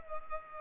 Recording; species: mosquito wingbeat signal from an infrared sensor; Culex pipiens